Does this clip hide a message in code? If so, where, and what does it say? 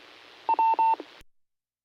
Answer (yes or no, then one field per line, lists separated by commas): no